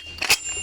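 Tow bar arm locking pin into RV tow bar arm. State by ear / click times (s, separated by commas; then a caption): seated / 0.2 s. A steel RV tow bar arm is extended until its spring-loaded locking pin drops into the hole and locks the arm. A sharp metallic click at 0.2 s shows the pin seating, followed by a brief louder clack around 0.3 s and a low steady background.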